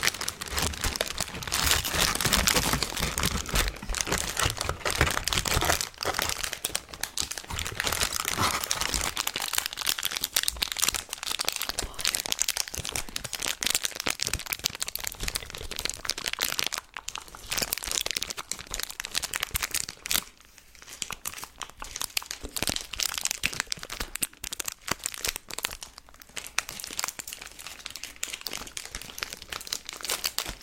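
Someone eats candy and chocolate, with crinkling wrapper sounds and crunchy chewing filling the whole half minute. The crackling is dense and busy, bright and sharp, with many quick overlapping snaps; it thins slightly after about twenty seconds, with brief pauses between bursts.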